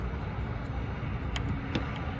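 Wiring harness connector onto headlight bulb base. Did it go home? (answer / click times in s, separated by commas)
no / none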